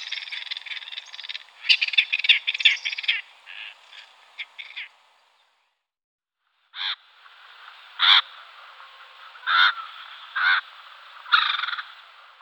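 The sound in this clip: Great spotted cuckoo harsh, rasping chatter calls, a run of grating notes at first, then after a pause several short separate rasping bursts.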